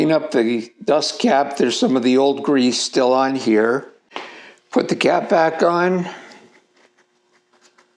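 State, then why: Not seated. Someone talks while cleaning old grease off the small dust cap for the Pinion gearbox oil port on a Priority 600X bicycle, then moves to press the cap back onto the port. Faint handling sounds follow as the speech fades. Nothing has seated or clicked yet; the clip ends before the cap goes home.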